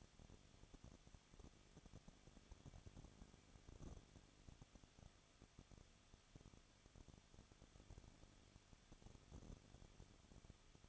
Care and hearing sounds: daily activity, microphone in the room; no activity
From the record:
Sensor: 4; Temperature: 23.1 degrees Celsius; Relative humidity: 34.1%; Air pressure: 1007.2 hPa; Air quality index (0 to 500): 216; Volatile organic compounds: 15 ppm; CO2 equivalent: 2498 ppm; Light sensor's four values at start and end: 2/3/1/1 and 2/3/1/1

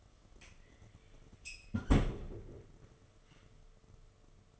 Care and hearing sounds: daily activity, microphone in the room; close fridge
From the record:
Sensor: 4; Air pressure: 1015.9 hPa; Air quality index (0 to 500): 198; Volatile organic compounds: 11 ppm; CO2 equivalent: 2278 ppm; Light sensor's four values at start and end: 13/29/12/14 and 17/40/17/18

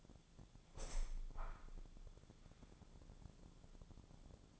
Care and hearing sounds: daily activity, microphone in the room; open window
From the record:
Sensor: 5

